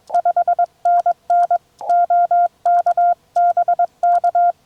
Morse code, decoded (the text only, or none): 5NN OK BK